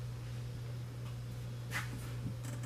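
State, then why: Not seated. A plastic breather tube is worked back and forth into its port on the intake of a supercharged Range Rover Sport during a throttle body housing replacement. A steady low hum runs under faint rubbing and scraping, with a brief brighter rustle near 1.8 s. Nothing has seated or clicked yet.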